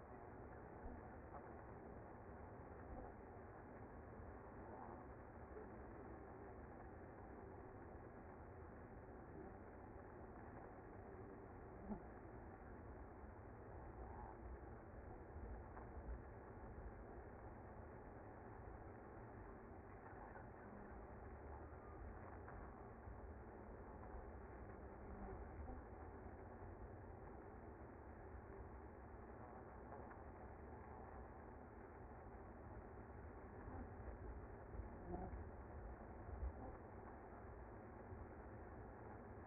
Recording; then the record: honeybee colony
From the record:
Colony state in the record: active